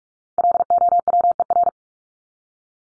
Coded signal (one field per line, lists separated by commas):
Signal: Morse code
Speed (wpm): 44 wpm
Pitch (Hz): 700 Hz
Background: none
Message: LOWER